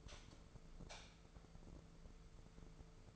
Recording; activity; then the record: daily activity, microphone in the room; light off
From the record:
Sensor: 5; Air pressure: 1014.6 hPa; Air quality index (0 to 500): 149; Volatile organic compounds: 4 ppm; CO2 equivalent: 1645 ppm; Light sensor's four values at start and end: 170/412/171/186 and 205/495/207/227